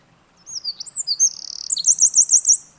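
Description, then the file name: Eurasian wren singing a very high, rapid phrase: sliding whistled notes that run into a fast buzzy trill, then a string of repeated chirps. "Troglodytes troglodytes"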